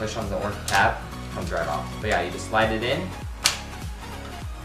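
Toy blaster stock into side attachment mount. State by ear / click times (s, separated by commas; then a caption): seated / 3.5 s. A plastic Nerf Scravenger foam-blaster stock slides onto its side attachment mount, a two-click mount that releases with an orange tab, while someone talks over background music. A sharp click at 3.5 s marks the stock seating on the mount, and it fits and holds pretty sturdily.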